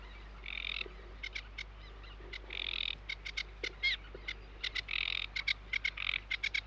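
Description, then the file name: Sedge Warbler song, scratchy chattering phrases broken by short pauses, with buzzy bursts and sharp ticking notes. "De Vogels - Rietzanger"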